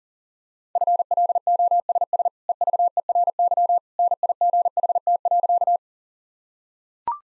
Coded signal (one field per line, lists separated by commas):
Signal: Morse code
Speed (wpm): 40 wpm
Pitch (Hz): 700 Hz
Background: none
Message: FLOSS EVERY NIGHT.